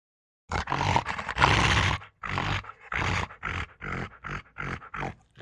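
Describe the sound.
Rottweiler barking: deep, rough barks, the first long and harsh, then a quicker run of short barks.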